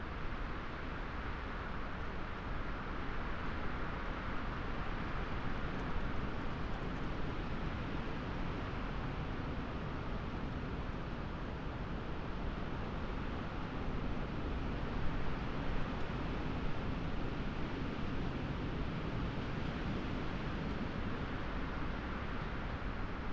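A winter gale roars steadily through tall moorland trees, a dense, unbroken rushing that is heavy in the low end and never eases.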